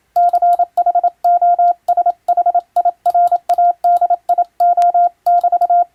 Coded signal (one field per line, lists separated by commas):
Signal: Morse code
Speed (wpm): 27 wpm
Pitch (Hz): 700 Hz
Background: none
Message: CHOSHIRADIO<BT>